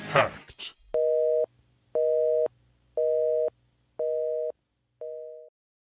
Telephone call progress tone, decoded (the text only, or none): busy tone